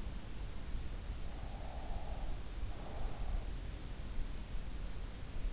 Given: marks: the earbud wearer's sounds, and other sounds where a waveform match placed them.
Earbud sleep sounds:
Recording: sounds in sleep by an in-ear microphone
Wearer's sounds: breath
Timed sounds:
1.10-4.06 s: breath

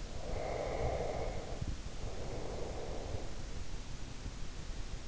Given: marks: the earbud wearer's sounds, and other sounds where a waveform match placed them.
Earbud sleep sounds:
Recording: sounds in sleep by an in-ear microphone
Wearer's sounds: breath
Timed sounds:
0.08-3.36 s: breath

